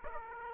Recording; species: mosquito wingbeat signal from an infrared sensor; Aedes aegypti